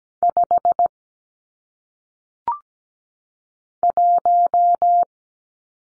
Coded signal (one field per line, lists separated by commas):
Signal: Morse code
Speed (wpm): 17 wpm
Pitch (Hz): 700 Hz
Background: none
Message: 5 1